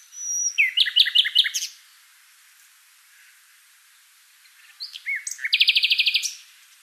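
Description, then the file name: Common nightingale singing two phrases separated by a pause, each built from fast, loud, repeated notes with sharp downward sweeps. "Luscinia megarhynchos"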